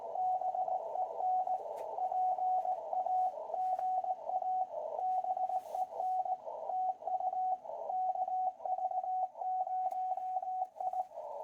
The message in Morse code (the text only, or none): BEN PA GA BEN TU KV0I